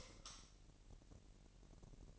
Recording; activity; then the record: daily activity, microphone in the room; light off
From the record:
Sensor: 4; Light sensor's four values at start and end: 7/16/6/6 and 6/14/6/6